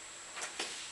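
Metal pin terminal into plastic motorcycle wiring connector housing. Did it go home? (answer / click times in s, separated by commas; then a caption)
yes / 0.6 s. A metal pin terminal is pushed the correct way round into a plastic motorcycle wiring connector housing. Over a steady hiss there is a soft rustle near 0.4 s, then the locking tab snaps over the ledge with a sharp click at 0.6 s, and the terminal is seated and locked.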